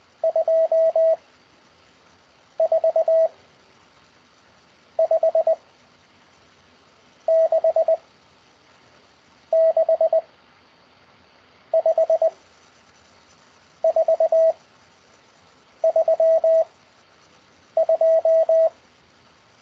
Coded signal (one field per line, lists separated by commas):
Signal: Morse code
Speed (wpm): 20 wpm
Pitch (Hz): 650 Hz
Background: radio noise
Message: 2 4 5 6 6 5 4 3 2